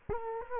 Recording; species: mosquito wingbeat signal from an infrared sensor; Culex quinquefasciatus